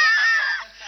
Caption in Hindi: उनकी खांसी, खांसने का बड़ा अजीब और गरीब स्टाइल था। जब वो खांसते थे तो ऐसा लग रहा था कि जैसे कोई रॉकेट, हवाई जहाज आसमान की तरफ हाई स्पीड में चला जा रहा हो।. ये उनके खांसी की आवाज।.